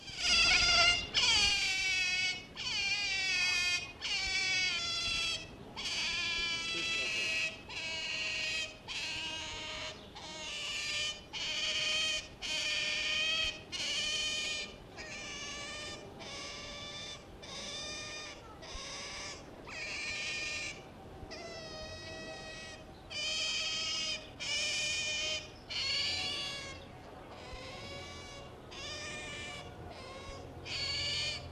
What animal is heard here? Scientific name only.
Lutra lutra